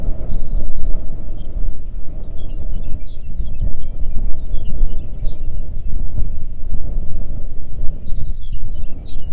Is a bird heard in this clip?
yes